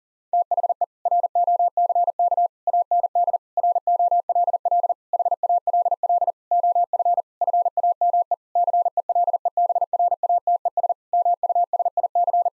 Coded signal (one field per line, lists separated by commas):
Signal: Morse code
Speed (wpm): 37 wpm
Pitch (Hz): 700 Hz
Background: none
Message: THE ROCK AND ROLL HALL OF FAME CELEBRATES MUSIC